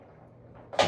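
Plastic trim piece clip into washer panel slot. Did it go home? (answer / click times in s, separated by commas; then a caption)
no / none. A plastic trim piece with a clip is being handled against the slot in a washing machine panel, with one side going in first before the clip side is pressed. A low, quiet rustle of handling runs through most of the clip. A louder broadband scrape or knock rises at 0.7 s and carries to the end, but nothing has seated or clicked yet.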